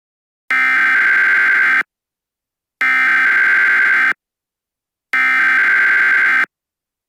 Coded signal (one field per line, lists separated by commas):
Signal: Emergency Alert System (SAME) tones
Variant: header bursts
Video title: Doomsday For Tropico (EAS Scenario) (Pre-Tartarus)